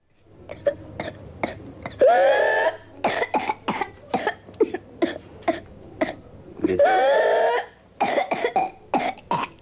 Whooping cough boy.